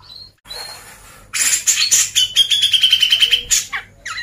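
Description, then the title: Grey-cheeked bulbul song: a harsh, noisy burst of chatter, then a rapid buzzy trill on one steady high pitch, ending in short sharp notes. Masteran, a training recording played to caged birds. "MASTERAN CUCAK JENGGOT"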